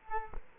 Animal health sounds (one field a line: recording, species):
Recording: mosquito wingbeat signal from an infrared sensor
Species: Culex quinquefasciatus